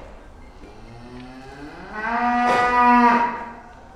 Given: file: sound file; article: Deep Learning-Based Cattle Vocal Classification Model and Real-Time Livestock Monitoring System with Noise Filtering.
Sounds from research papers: cattle; food anticipating call

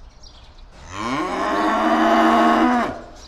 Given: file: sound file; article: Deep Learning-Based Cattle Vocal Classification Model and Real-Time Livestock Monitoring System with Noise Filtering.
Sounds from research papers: cattle; estrus call

